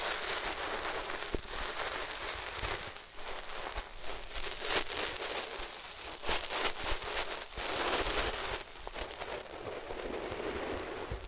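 Dense, scratchy rubbing fills the whole stretch with bright hiss, swelling and easing in waves, with sharp clicks near two, six and seven-and-a-half seconds.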